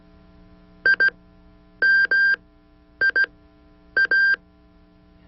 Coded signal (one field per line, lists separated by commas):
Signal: Morse code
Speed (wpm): 17 wpm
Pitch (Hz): 1600 Hz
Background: none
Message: IMIA